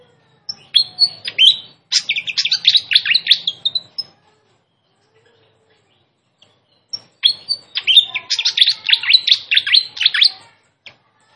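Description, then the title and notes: Malaysian pied fantail singing two fast chattering phrases of high, scratchy chirps, each about three and a half seconds long, separated by a few seconds of silence. Master song recording for training caged birds, with a clear voice; the species is also called Sikatan Londo. "Masteran Sikatan Kipas Suara Jernih Dan Suara Gemericik Air. Suara Burung Sikatan Londo"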